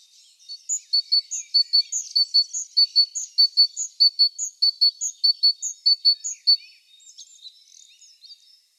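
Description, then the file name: Great tit calling a fast run of high, thin notes in a repeating two-to-three-note pattern for about six seconds, then fading to faint scattered twitters. "Parus major"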